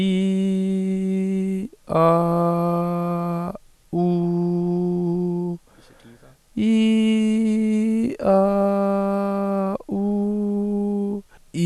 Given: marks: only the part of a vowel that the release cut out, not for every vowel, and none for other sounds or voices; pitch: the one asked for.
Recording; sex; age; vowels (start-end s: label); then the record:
sustained vowels; male; 18 to 19 years
0.00-1.53 s: vowel /i/, normal pitch
1.95-3.34 s: vowel /a/, normal pitch
4.03-5.44 s: vowel /u/, normal pitch
6.67-8.00 s: vowel /i/, high pitch
8.32-9.67 s: vowel /a/, high pitch
9.98-11.08 s: vowel /u/, high pitch
From the record:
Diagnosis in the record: healthy voice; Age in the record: 19 years